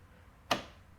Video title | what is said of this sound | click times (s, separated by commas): E34 Door Handle Gasket Replacement | till it clicks, just like that. It's all the way forward. | 0.5 s